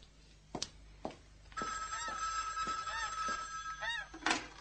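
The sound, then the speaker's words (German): An old telephone bell rings with a steady, bright metallic jangle, punctuated by a few sharp thumps and knocks before and after the ringing. “Frag ihn, was er will.”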